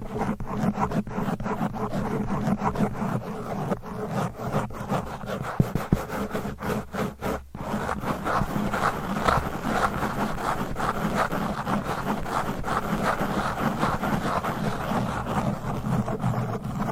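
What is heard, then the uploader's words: Fast, aggressive scratching and rubbing against a microphone, rough, with dense rapid strokes that barely let up. A low rumbling hum sits underneath throughout, and around six to seven seconds the scraping breaks into choppier bursts before resuming thick and continuous. ASMR Fast and Aggressive Mic Scratching. No Talking.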